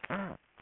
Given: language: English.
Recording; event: throat vibration sensor signal played as sound; throat clearing